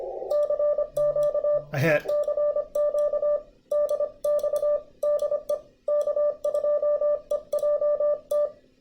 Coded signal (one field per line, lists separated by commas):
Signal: Morse code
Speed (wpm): 25 wpm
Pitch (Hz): 590 Hz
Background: speech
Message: CQ E CQ DX DE K2EJT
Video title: K2EJT's Guide to POTA / SOTA Field Activating Episode 4: Preparing to Activate